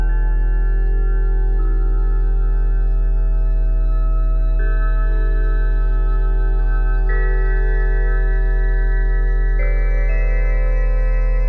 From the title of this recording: 174Hz+417Hz+741Hz